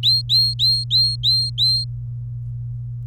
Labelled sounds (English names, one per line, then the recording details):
Domestic Canary song
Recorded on 23 April 2018 at 15:03
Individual llb3